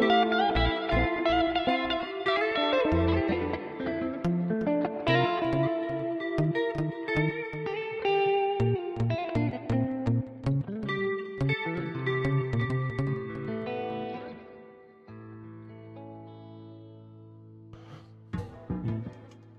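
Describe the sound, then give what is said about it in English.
A Synthmaster VST software synthesizer plays dense, bright chords and quick melodic runs drenched in reverb and echo, then thins out to a low sustained drone with a few stray notes near the end. “VST Synthmaster. Is that what you're using, dude?”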